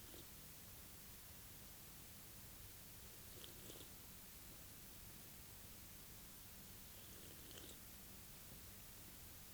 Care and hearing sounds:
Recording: daily activity, guitar pickup as the sensor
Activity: drink water

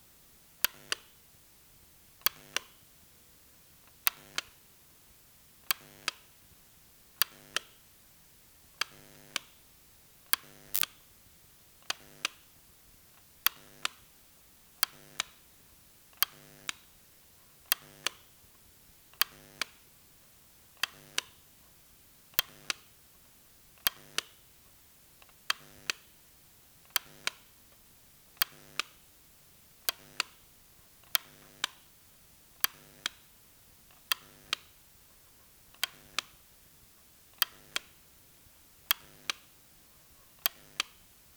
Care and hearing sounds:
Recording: daily activity, guitar pickup as the sensor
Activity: operate light

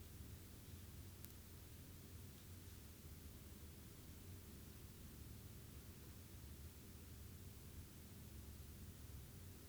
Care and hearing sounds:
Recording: daily activity, guitar pickup as the sensor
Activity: stand

